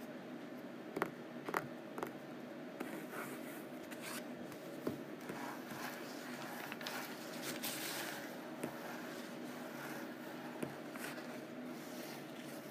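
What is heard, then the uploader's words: Rough canvas is scratched in a steady, dense rasp that runs the whole time, growing rougher and brighter in the middle stretch. Sharp taps break through now and then, clustered near the start, then at about five, eight and a half and eleven seconds, over a low steady hum. ASMR Rough Canvass: Scratching and Tapping.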